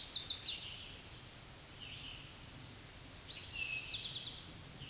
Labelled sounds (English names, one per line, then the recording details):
Eastern Towhee song
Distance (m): 35 m
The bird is about 15 m above the microphone
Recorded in a Pennsylvania forest on 16 May 2024 at 07:05
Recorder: AudioMoth, point MSD-2166
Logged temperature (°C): 16.3 °C
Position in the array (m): 87 m, 22 m